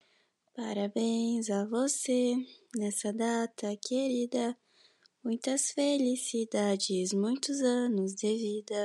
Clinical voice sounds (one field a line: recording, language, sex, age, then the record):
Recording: short text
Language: Brazilian Portuguese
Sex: female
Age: 18 to 19 years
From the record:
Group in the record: control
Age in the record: 18 years